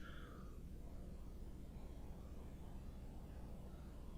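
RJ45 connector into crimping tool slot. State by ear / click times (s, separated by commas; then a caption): not seated / none. A plastic RJ45 connector is being inserted and lined up in the top right slot of an FD500R crimping tool, where it clips in like it would into a wall jack. Only a steady low hum and soft broadband noise are heard, with no distinct transients. Nothing has seated or clicked yet.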